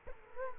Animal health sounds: mosquito wingbeat signal from an infrared sensor; Culex quinquefasciatus

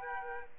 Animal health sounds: mosquito wingbeat signal from an infrared sensor; Aedes aegypti

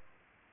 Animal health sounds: mosquito wingbeat signal from an infrared sensor; Culex pipiens

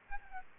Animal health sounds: mosquito wingbeat signal from an infrared sensor; Aedes aegypti

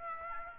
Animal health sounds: mosquito wingbeat signal from an infrared sensor; Aedes aegypti

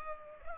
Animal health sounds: mosquito wingbeat signal from an infrared sensor; Culex pipiens

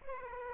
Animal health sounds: mosquito wingbeat signal from an infrared sensor; Aedes aegypti

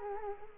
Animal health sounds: mosquito wingbeat signal from an infrared sensor; Culex quinquefasciatus

